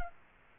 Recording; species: mosquito wingbeat signal from an infrared sensor; Culex quinquefasciatus